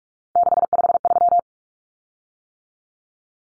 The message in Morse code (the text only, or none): 653